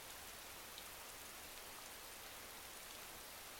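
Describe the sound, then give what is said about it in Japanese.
Steady rain falls in a continuous, even hiss that stays at the same level throughout, with a soft patter of drops and no voices. “雨強くなるかもしれないし。”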